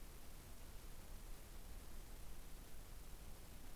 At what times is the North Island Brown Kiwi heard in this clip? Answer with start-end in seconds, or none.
none